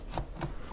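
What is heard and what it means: The inner door handle and its cable on a Smart Fortwo are pressed into the passenger door panel, making two short knocks at 0.2 s and 0.4 s. The handle is still not fully seated because it has not been screwed back in yet.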